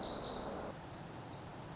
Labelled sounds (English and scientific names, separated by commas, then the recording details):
Pacific Wren (Troglodytes pacificus)
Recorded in Sonoma County, California